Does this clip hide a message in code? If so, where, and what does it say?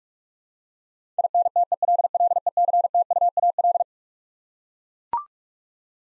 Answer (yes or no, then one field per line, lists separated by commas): yes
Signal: Morse code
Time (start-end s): 1.2-3.8 s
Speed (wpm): 43 wpm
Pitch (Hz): 700 Hz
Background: none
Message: INTELLECTUAL